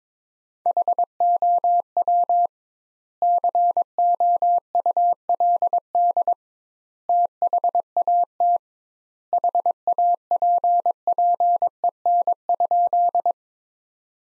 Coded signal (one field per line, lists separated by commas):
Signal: Morse code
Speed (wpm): 22 wpm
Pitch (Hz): 700 Hz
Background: none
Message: HOW COULD THAT HAPPEN?